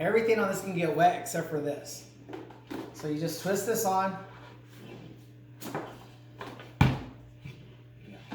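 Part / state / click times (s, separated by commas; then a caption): plastic component twisted onto a handheld texture sprayer / seated / 6.8 s. Someone talks while twisting a plastic part onto a handheld Wagner Power Tex texture sprayer rig. A few light handling knocks are followed by a sharp click at 6.8 s as the part locks in place, over a steady low hum.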